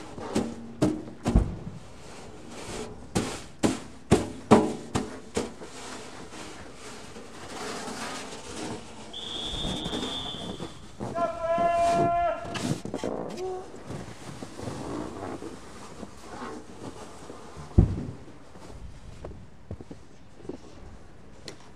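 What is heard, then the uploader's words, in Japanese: Snow being cleared, opening with a quick, irregular run of sharp knocks and thuds over the first six seconds, then easing into steadier scraping and shuffling. A short high whistle and a squeaky tone pass around 9–13 seconds, and one heavy thump lands near 18 seconds. 湯治場ラジオ 雪下ろしASMR。村井六助さんでの雪下ろしの音を配信します。会話はありません。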